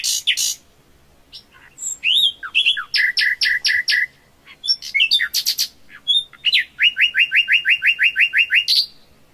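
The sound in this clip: Common nightingale singing varied phrases: a rapid series of loud two-toned notes, brief chattering, then a long fast series of repeated notes.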